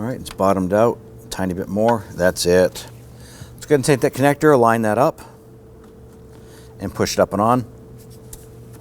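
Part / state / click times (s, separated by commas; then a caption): wiring harness connector into steering column combination switch / seated / 8.3 s. A wiring harness connector is lined up and pushed up onto a new steering column combination switch on a 2005-2009 Subaru Legacy while someone talks. A sharp click at 8.3 s marks the connector seating, and it is then wiggled to confirm it is locked into place.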